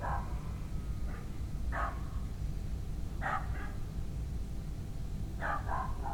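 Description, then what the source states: Dog barks, single and paired barks repeating roughly every one to two seconds, over a continuous low rumble. Dogs recorded at night in a village.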